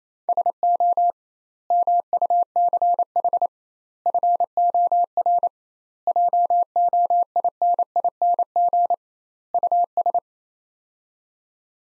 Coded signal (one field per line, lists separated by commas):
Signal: Morse code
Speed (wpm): 28 wpm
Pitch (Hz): 700 Hz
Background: none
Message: SO MUCH FOR JOINING US